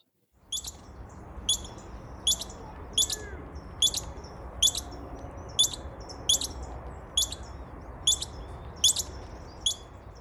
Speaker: And then this squirrel started yelling at us.